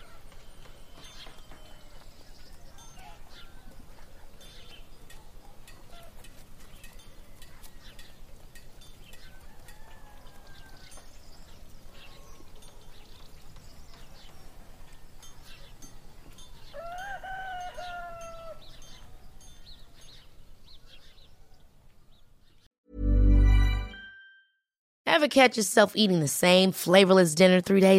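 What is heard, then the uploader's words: Birds call over a low, steady murmur of people at work in a town, with scattered clicks and knocks throughout. Around seventeen seconds an animal cries out with a falling voice, then the sound drops away, followed by a loud thump and a burst of loud, wavering animal calls near the end. Peaceful fantasy town in the morning.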